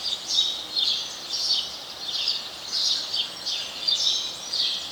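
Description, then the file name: House sparrow chirping, distinct bright notes repeated at a steady pace, with steady hiss behind. "Passer domesticus"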